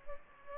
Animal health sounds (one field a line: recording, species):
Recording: mosquito wingbeat signal from an infrared sensor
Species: Culex pipiens